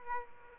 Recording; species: mosquito wingbeat signal from an infrared sensor; Aedes aegypti